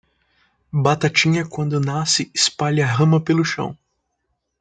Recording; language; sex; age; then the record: short text; Brazilian Portuguese; female; 20 to 29 years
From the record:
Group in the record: control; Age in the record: 26 years